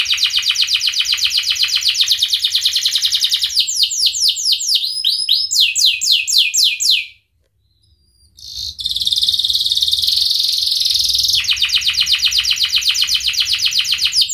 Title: Kenari Gacor Cengkok Terbaik Isian Paling Mewah